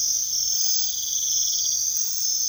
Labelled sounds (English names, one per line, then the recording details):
none
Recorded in secondary vegetation near Puerto Asís, Putumayo, Colombia, on 20 February 2024 at 04:00
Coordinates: 0.500, -76.326
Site G6428